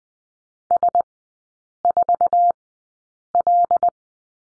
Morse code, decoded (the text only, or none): S4L